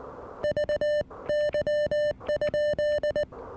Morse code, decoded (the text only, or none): VY?